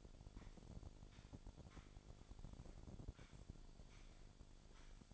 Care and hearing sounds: daily activity, microphone in the room; sweep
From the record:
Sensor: 5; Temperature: 26.3 degrees Celsius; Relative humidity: 38.1%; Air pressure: 1007.1 hPa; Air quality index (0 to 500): 179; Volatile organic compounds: 5 ppm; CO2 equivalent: 1708 ppm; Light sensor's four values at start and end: 55/158/61/61 and 56/158/61/61

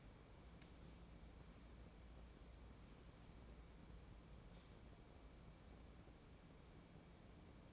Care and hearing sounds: daily activity, microphone in the room; wipe stove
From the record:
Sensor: 1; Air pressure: 1012.5 hPa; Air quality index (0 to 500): 144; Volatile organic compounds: 2 ppm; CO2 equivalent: 1186 ppm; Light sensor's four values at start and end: 4250/8283/4174/4311 and 4209/8204/4133/4269

